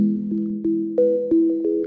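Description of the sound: Steady, overlapping low tonal hums hold throughout, with soft pings marking new pitch steps about every third of a second. It is a simulated tinnitus ringing, a sound-design imitation of the ringing inside the head that will not go away when the ears are covered with the hands.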